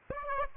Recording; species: mosquito wingbeat signal from an infrared sensor; Aedes aegypti